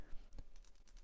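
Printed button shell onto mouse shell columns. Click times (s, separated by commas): 0.4 s, 0.7 s, 0.9 s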